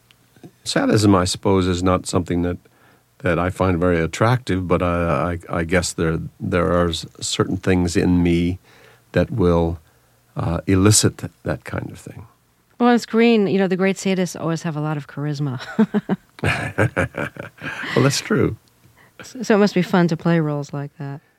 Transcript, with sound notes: Sadism, I suppose, is not something that I find very attractive, but I guess there are certain things in me that will elicit that kind of thing.
Well, on screen, you know, that the great sadists always have a lot of charisma (laughter).
(Laughter) Well, that's true.
So it must be fun to play roles like that.